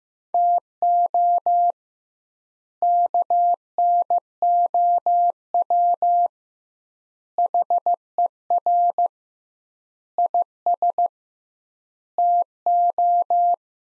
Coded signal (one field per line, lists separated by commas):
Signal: Morse code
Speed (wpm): 15 wpm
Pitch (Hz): 700 Hz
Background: none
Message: TO KNOW HER IS TO